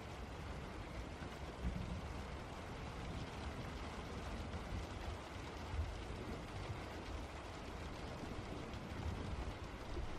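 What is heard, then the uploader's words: Rain falls in a dense, steady hiss that fills the whole ten seconds without pause. Its texture is thick and even, with a low rumbling underneath, and a few slightly louder spatters stand out near two and six seconds. Rain Sounds.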